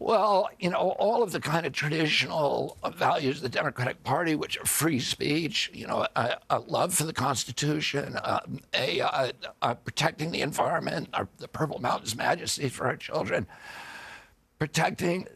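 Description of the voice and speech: Adult male speaker with spasmodic dystonia, a neurological disorder caused by an injury, speaking in a raspy, strained, gravelly voice with breaks and creaky phonation during connected conversational speech.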